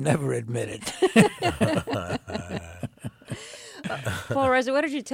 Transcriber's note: soundbite of laughter